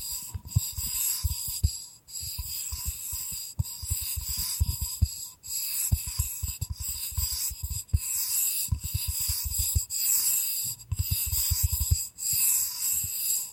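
Bamboo being tapped, scratched and brushed, with quick irregular clusters of low knocks running through the whole clip. A bright, hissy scraping layer sits over the taps, and a thin steady tone hums faintly underneath. Brief pauses break the flow around seconds 2 and 5.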